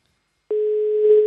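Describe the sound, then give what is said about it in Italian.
A steady, mid-pitched telephone ringing tone on an outgoing call begins abruptly after a moment of silence and holds evenly, one unbroken beep with no voices. “Senti come squilla.”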